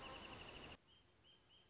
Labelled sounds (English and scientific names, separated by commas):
Wrentit (Chamaea fasciata)